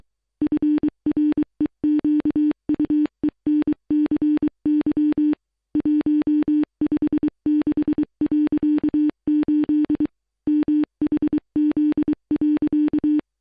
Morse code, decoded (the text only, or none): FREQUENCY 156.8 MHZ.